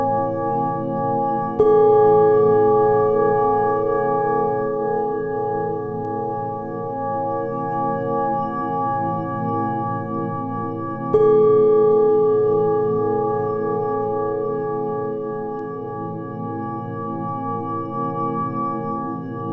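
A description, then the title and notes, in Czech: Tibetan singing bowls ring with steady, layered tones and a soft shimmer. A bowl is struck just before two seconds and again around eleven seconds, each strike adding a bright note that slowly fades. Between strikes the hum lingers and gradually softens. Tibetské mísy.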